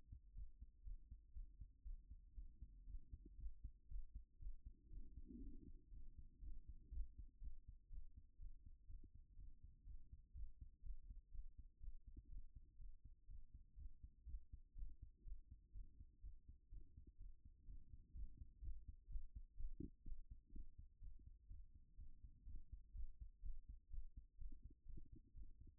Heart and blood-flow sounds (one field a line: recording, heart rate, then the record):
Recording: heart sounds by stethoscope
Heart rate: 123 bpm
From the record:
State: after exercise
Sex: female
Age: 31 years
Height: 169 cm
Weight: 67 kg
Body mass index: 23.46